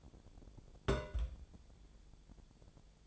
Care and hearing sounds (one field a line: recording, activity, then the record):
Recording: daily activity, microphone in the room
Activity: place on stove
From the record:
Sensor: 5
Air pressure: 1000.1 hPa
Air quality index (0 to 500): 95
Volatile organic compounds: 1 ppm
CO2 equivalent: 778 ppm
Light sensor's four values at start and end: 286/669/291/325 and 283/659/288/322